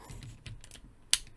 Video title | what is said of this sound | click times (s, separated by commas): Transformers Studio Series Dinobot Slug Review and Unboxing | there you go, snapped into place. | 1.1 s